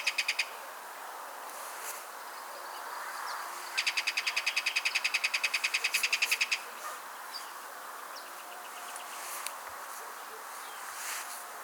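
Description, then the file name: Kingfisher delivering a rapid, grating rattle of repeated clicks for nearly three seconds, with a few scattered short chirps before and after. "MARTIN PESCADOR"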